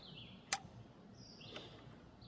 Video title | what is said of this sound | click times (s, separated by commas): MAP Sensor replacement 2018 - 2023 Toyota Camry | line it up and push it into place listen for the clip | 0.5 s